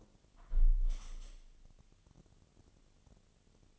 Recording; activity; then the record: daily activity, microphone in the room; close window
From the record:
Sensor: 4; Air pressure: 1015.7 hPa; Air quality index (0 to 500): 79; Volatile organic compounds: 1 ppm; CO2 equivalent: 879 ppm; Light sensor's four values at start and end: 9/20/8/7 and 9/20/8/7